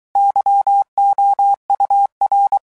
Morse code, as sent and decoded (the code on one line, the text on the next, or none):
-.-- --- ..- .-.
YOUR